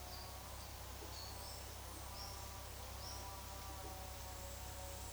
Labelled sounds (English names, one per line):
Olive-faced Flatbill